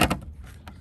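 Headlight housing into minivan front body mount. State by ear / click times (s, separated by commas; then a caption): not seated / none. The headlight housing of a 2011 Toyota Sienna minivan, during an upgrade to Auxito LED lights, has its locating tab lined up with its slot on the van's front body mount and is pushed back in. Two sharp plastic knocks come at about 0.0 and 0.1 s, followed by a faint tap near 0.7 s over low rumble. Nothing has seated or clicked yet.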